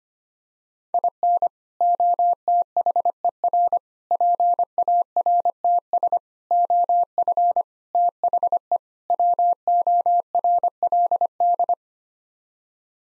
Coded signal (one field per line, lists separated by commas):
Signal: Morse code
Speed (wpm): 25 wpm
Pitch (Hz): 700 Hz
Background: none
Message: IN OTHER PARTS OF THE WORLD